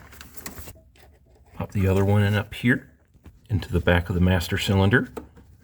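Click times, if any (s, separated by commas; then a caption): none. A clutch hydraulic line fitting is handled at the back of the clutch master cylinder on a Ford Focus being swapped to a manual transmission, with a few faint handling noises early on while someone talks. The clip ends before the fitting goes home, and nothing has seated or clicked yet.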